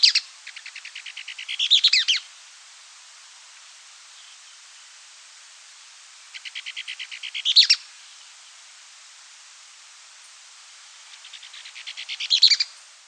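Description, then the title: Bird song: a phrase of rapid, evenly spaced dry notes building to a louder high flourish, given three times with quiet gaps between. "LuckyPassaro Completos2Sama"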